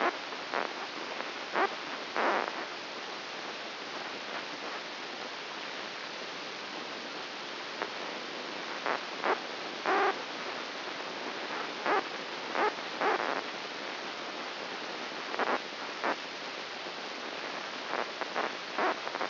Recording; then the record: brain microelectrode recording played as sound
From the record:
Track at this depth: inside the subthalamic nucleus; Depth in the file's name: 4.001 mm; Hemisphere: right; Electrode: 2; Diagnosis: Parkinson's disease